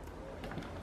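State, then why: Not seated. A plastic part is pressed onto the small, fragile plastic latch tabs of a Cadence Eros Turbo 40 cm 6-blade 126 W fan (VTR409) during assembly. Faint pressing and handling sounds rise over a steady low background, with brief soft knocks near 0.4, 0.5 and 0.8 seconds. Nothing has clicked into place yet; the latches make no click.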